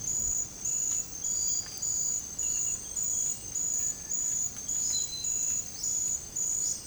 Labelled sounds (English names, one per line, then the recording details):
Cinereous Tinamou
Olive-faced Flatbill
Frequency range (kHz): Cinereous Tinamou 1.2-2.2 kHz; Olive-faced Flatbill 2.9-6.3 kHz
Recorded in dense forest near Puerto Asís, Putumayo, Colombia, on 30 June 2025 at 06:00
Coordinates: 0.503, -76.323
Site G059